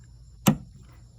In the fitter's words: you hear it pop, and they release,